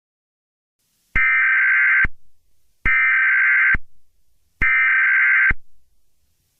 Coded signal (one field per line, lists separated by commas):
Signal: Emergency Alert System (SAME) tones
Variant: header bursts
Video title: Eas the devil 👿 is coming early Halloween 👻 special